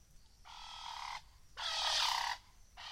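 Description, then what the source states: Rock hyrax calling with raspy, broad shrieks: a long one, then a louder, harsher one after a short gap, and a third starting as it ends. Calling from the edge of a gorge in the Masai Mara.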